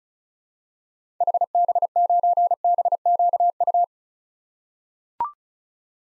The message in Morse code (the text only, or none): HB9BQU